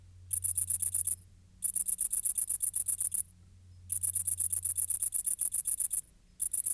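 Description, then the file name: Great green bush-cricket: high, fast-stuttering buzzy song in bursts of one to two seconds with short gaps, over a low hum. "Tettigonia viridissima"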